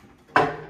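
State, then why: Seated. The deck of a NordicTrack Commercial 2950 treadmill is lifted into its folded storage position with help from the hydraulic strut. After a quiet lead-in, the storage latch clicks sharply at 0.4 s and the sound rings down over the next few tenths of a second. The latch locks the deck upright so it stays in storage position.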